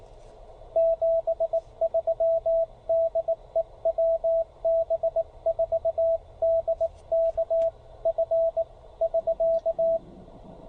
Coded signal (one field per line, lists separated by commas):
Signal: Morse code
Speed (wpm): 18 wpm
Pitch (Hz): 690 Hz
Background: radio noise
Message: 73 DE WB4DKF <SK>